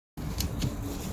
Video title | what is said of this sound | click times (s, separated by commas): Quick and Easy: How to change the windshield wiper in one minute | into the arm hook until there is a click sound close the cover | 0.4 s